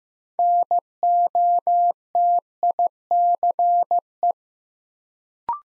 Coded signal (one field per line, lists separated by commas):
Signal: Morse code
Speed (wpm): 15 wpm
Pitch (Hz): 700 Hz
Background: none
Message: NOTICE